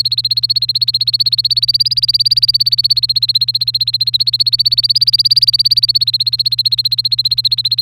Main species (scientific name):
Serinus canaria